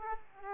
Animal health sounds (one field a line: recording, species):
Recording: mosquito wingbeat signal from an infrared sensor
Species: Aedes aegypti